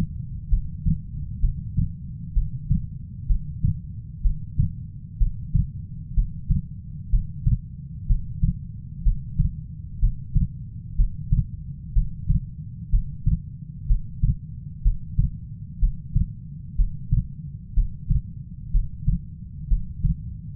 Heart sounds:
heart sounds by stethoscope; 63 bpm
0.49 s: heartbeat
1.40 s: heartbeat
2.33 s: heartbeat
3.27 s: heartbeat
4.22 s: heartbeat
5.18 s: heartbeat
6.14 s: heartbeat
7.10 s: heartbeat
8.06 s: heartbeat
9.03 s: heartbeat
9.99 s: heartbeat
10.96 s: heartbeat
11.93 s: heartbeat
12.90 s: heartbeat
13.86 s: heartbeat
14.82 s: heartbeat
15.79 s: heartbeat
16.75 s: heartbeat
17.74 s: heartbeat
18.71 s: heartbeat
19.68 s: heartbeat
From the record:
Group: healthy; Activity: breath hold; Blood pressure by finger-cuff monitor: 135/59 mmHg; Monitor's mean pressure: 81 mmHg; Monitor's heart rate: 63 bpm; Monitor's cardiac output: 6.2 L/min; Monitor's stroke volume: 99 mL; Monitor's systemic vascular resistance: 960 dyn s/cm5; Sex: female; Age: 37 years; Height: 168 cm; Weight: 70 kg

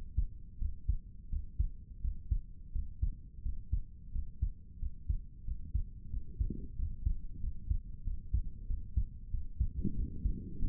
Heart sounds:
heart sounds by stethoscope; 90 bpm
0.57 s: heartbeat
1.28 s: heartbeat
2.00 s: heartbeat
2.71 s: heartbeat
3.41 s: heartbeat
4.11 s: heartbeat
4.78 s: heartbeat
5.43 s: heartbeat
6.09 s: heartbeat
6.75 s: heartbeat
7.39 s: heartbeat
8.03 s: heartbeat
8.66 s: heartbeat
9.30 s: heartbeat
9.94 s: heartbeat
10.58 s: heartbeat
From the record:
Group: healthy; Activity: Valsalva maneuver 0-8 s, rest 8-11 s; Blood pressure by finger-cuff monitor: 150/96 mmHg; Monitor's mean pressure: 107 mmHg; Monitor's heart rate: 88 bpm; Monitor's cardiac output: 6 L/min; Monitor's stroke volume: 70 mL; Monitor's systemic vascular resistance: 1310 dyn s/cm5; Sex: female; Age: 22 years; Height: 154 cm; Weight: 58.7 kg

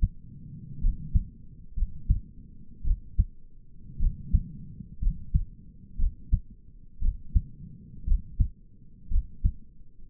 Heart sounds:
heart sounds by stethoscope; 58 bpm
0.82 s: heartbeat
1.77 s: heartbeat
2.85 s: heartbeat
4.00 s: heartbeat
5.02 s: heartbeat
5.99 s: heartbeat
7.02 s: heartbeat
8.07 s: heartbeat
9.11 s: heartbeat
From the record:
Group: healthy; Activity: rest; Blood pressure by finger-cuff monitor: 85/58 mmHg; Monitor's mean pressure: 69 mmHg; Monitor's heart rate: 58 bpm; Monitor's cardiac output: 4.9 L/min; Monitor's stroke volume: 86 mL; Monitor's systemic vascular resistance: 970 dyn s/cm5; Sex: male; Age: 22 years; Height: 181 cm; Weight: 79 kg

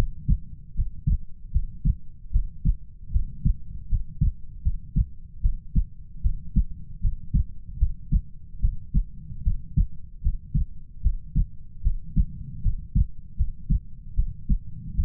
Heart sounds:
heart sounds by stethoscope; 76 bpm
0.74 s: heartbeat
1.51 s: heartbeat
2.31 s: heartbeat
3.11 s: heartbeat
3.88 s: heartbeat
4.62 s: heartbeat
5.41 s: heartbeat
6.21 s: heartbeat
7.00 s: heartbeat
7.78 s: heartbeat
8.60 s: heartbeat
9.43 s: heartbeat
10.21 s: heartbeat
11.01 s: heartbeat
11.82 s: heartbeat
12.61 s: heartbeat
13.36 s: heartbeat
14.14 s: heartbeat
14.95 s: heartbeat
From the record:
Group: healthy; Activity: cold pressor test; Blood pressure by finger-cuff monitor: 94/58 mmHg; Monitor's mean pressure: 72 mmHg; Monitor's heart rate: 75 bpm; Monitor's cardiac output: 6.8 L/min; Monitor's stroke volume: 90 mL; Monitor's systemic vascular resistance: 750 dyn s/cm5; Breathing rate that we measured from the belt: 20 breaths a minute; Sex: female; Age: 19 years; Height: 163 cm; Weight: 48.9 kg

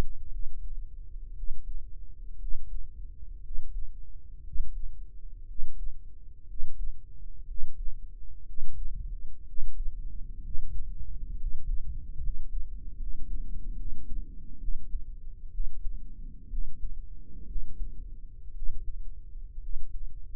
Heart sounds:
heart sounds by microphone in the right ear; 62 bpm
0.29 s: heartbeat
1.33 s: heartbeat
2.37 s: heartbeat
3.40 s: heartbeat
4.41 s: heartbeat
5.44 s: heartbeat
6.45 s: heartbeat
7.44 s: heartbeat
8.43 s: heartbeat
9.43 s: heartbeat
10.40 s: heartbeat
11.35 s: heartbeat
12.18 s: heartbeat
12.95 s: heartbeat
13.74 s: heartbeat
14.57 s: heartbeat
15.49 s: heartbeat
16.47 s: heartbeat
17.44 s: heartbeat
18.52 s: heartbeat
19.58 s: heartbeat
From the record:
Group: healthy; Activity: rest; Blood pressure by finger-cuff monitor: 123/74 mmHg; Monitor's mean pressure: 87 mmHg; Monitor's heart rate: 60 bpm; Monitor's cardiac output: 6.6 L/min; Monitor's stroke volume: 112 mL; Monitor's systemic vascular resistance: 970 dyn s/cm5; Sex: male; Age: 23 years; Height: 178 cm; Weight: 96.6 kg

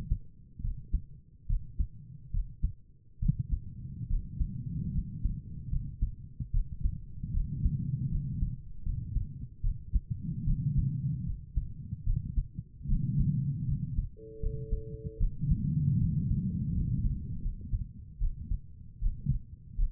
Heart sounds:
heart sounds by stethoscope; 75 bpm
0.62 s: heartbeat
1.48 s: heartbeat
2.32 s: heartbeat
3.20 s: heartbeat
4.09 s: heartbeat
4.93 s: heartbeat
5.70 s: heartbeat
6.52 s: heartbeat
7.33 s: heartbeat
8.10 s: heartbeat
8.84 s: heartbeat
9.62 s: heartbeat
10.46 s: heartbeat
11.25 s: heartbeat
12.05 s: heartbeat
12.88 s: heartbeat
13.67 s: heartbeat
14.41 s: heartbeat
15.19 s: heartbeat
15.99 s: heartbeat
16.73 s: heartbeat
17.43 s: heartbeat
18.19 s: heartbeat
19.00 s: heartbeat
19.76 s: heartbeat
From the record:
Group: healthy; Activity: rest 0-15 s, breath hold 15-20 s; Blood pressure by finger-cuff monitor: 90/63 mmHg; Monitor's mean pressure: 70 mmHg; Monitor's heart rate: 74 bpm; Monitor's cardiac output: 5.4 L/min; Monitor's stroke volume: 75 mL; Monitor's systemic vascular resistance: 950 dyn s/cm5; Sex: female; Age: 22 years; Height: 163 cm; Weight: 67.1 kg

